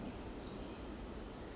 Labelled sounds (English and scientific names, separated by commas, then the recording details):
Pacific Wren (Troglodytes pacificus)
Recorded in Sonoma County, California